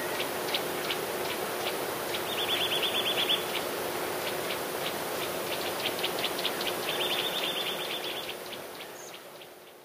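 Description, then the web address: Eurasian nuthatch trills, rapid runs of sharp, evenly spaced high notes in two series, with fainter ticking notes between them over a soft background hiss. "wroblowe kowalik kowaliktryle"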